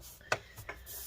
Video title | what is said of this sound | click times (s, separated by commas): Alienware 17 R4 Disassembly RAM SSD Hard Drive Upgrade Fan Motherboard CMOS RTC Replacement Repair | clip this back down make sure to check the sides that it's all clipping into place | 0.3 s